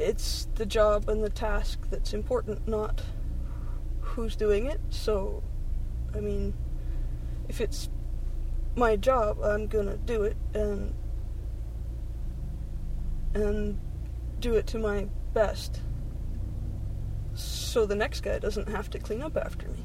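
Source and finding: Adult woman speaking in a moving car. Stuttering.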